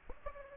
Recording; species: mosquito wingbeat signal from an infrared sensor; Aedes aegypti